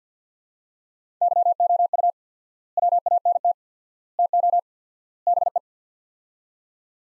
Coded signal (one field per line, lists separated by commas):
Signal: Morse code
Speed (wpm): 46 wpm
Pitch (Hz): 700 Hz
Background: none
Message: YOU WANT TO BE